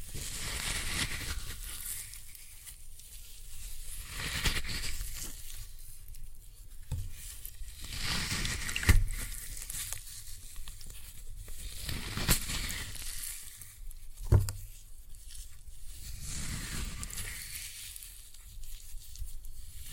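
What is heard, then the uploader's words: Floral foam is crushed in repeated bursts of crackling and crunching, with gritty high-pitched texture and a low thudding underneath. The bursts come roughly every two to three seconds, separated by brief quieter gaps, with sharp snaps near 9, 12 and 14 seconds. Floral Foam Glitter Bomb Crushing.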